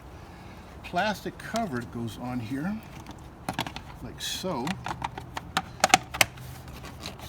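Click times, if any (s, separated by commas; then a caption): 5.9 s, 6.2 s. A plastic engine-bay cover on a 2017 GMC Duramax is pressed down onto its mount over the area near the coolant reservoir and battery, during a coolant reservoir replacement. Someone talks at the start, then a scatter of sharp plastic clicks and taps begins around 3.5 s. Two loud clicks at 5.9 s and 6.2 s mark the cover seating into place.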